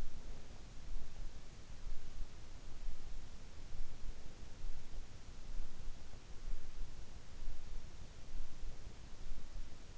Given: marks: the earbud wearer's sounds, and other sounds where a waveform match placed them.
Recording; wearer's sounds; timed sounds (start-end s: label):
sounds in sleep by an in-ear microphone; breath
0.00-0.93 s: breath